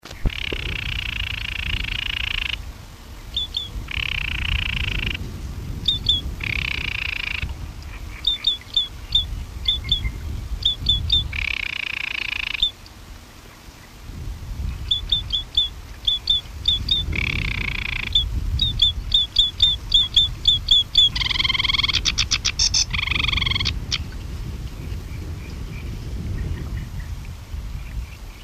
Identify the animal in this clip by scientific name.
Acrocephalus schoenobaenus